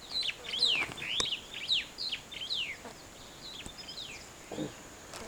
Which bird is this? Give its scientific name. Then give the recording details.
Lamprotornis superbus. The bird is a female. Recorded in Kenya on 28 May 2010. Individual 4, of group CF1